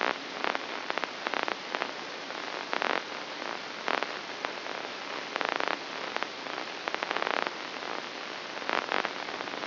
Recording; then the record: brain microelectrode recording played as sound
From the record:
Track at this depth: inside the subthalamic nucleus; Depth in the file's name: 6.505 mm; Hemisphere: left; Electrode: 2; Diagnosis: Parkinson's disease